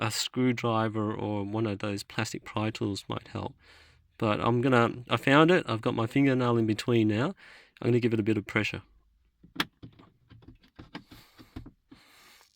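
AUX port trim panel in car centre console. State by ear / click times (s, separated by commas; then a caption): released / 9.6 s. Someone talks while a fingernail is wedged between the AUX port trim panel and the centre console of a BMW, and pressure is applied. At 9.6 s a sharp click sounds as the plastic retaining clips release and the trim panel pops open, followed by a few fainter clicks.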